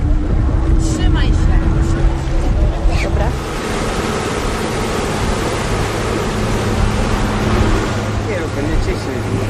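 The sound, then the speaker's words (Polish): A motorboat engine drones steadily under a constant wash of rushing water and wind noise, with a low humming tone throughout and a short burst of speech early on, as the boat heads for Budelli in the La Maddalena archipelago national park. “Dobra, czyli wskakujemy na łódkę i azymut na Budeli?”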